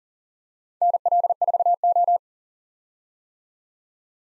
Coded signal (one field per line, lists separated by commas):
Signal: Morse code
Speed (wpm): 47 wpm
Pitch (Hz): 700 Hz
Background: none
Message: NL4O